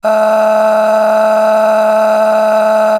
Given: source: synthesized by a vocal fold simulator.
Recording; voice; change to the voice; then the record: sustained vowel; female; a random mix of aspiration noise, stiffness perturbation and strain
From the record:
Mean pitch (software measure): 217 Hz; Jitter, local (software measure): 1.61%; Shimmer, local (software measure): 10.9%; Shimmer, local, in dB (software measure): 0.96 dB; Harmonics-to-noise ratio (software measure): 13.2 dB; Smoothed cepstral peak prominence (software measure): 10.6 dB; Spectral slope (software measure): -21.7 dB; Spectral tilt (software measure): -8.5 dB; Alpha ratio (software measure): -12.2 dB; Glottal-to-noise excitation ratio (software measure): 0.846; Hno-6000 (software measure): 1.9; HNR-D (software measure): 35.5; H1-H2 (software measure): 5.5 dB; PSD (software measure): 7.0e-05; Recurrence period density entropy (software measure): 0.118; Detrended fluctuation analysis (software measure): 0.0170